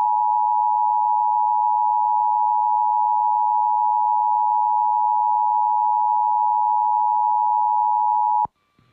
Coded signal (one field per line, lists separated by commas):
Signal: Emergency Alert System (SAME) tones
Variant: 853 and 960 Hz attention tone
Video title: 1/3/22 The First Massachusetts Monthly Test Of 2023!! EAS#296